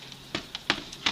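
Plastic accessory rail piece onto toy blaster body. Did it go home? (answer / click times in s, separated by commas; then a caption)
no / none. A plastic accessory rail piece is pressed onto the side of a Nerf Rival Zeus foam-dart toy blaster, making short plastic taps and knocks, the sharpest around 0.7 s and 1.1 s. The piece has not clicked or seated yet.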